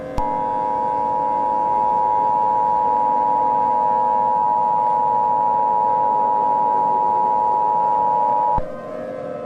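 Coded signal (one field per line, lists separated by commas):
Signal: Emergency Alert System (SAME) tones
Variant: 853 and 960 Hz attention tone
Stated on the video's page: Fictional EAS scenario, not a real alert.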